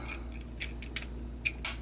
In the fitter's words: You want to flip out the heels, make sure you hear that click when you're flipping them out.